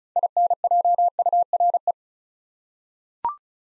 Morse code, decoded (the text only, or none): INJURE